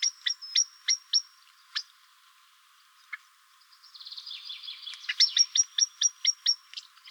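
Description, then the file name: Common blackbird producing a run of hard ticking notes, a gap with a couple of isolated ticks, then a soft chattering swell leading into another rapid tick series. "Turdus merula"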